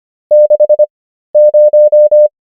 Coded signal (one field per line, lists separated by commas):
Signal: Morse code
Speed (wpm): 25 wpm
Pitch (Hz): 600 Hz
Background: none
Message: 60